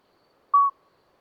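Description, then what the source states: Common midwife toad: a single clean, tonal, bell-like toot in a still night. Two small toads calling all night until dawn; Lesches-en-Diois, 13 May 2020, after two days of rain with dripping vegetation; discreet song; recorded with Nagra Seven and MKH40.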